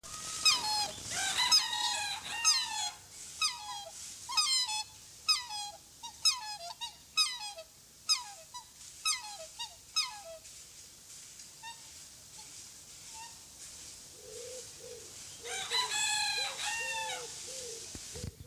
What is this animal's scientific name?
Cygnus atratus